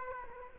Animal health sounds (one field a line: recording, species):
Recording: mosquito wingbeat signal from an infrared sensor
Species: Aedes aegypti